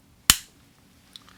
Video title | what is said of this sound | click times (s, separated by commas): Sivga Anser 4K | To me, the first time I did that, and this may sound stupid, um but that really solid clicking sound, uh just exudes | 0.3 s